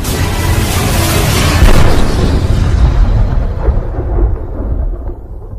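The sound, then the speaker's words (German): A huge cannon fires, booming out as a loud, deep roar, then rumbles on and slowly dies away over several seconds, the hiss thinning to a low growl. No voices. “Und zum Vorschein kam eine gewaltige Kanone. Was dann passierte, war grausam.”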